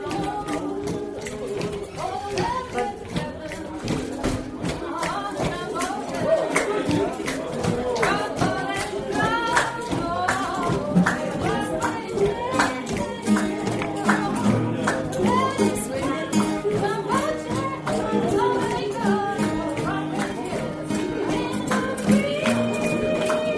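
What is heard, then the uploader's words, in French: A lively bar, with many voices talking over one another, forming a dense, steady murmur. Sharp clinks and knocks of glasses and objects cut through regularly, and the overall level stays high from start to finish. Kerry's bar a théme une chouette ambiance dans ce bar !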